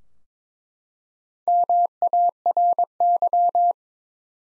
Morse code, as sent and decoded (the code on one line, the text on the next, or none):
-- .- .-. -.--
MARY